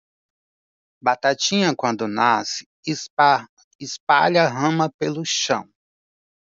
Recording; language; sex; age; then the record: short text; Brazilian Portuguese; male; 40 to 49 years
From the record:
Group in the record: control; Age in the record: 44 years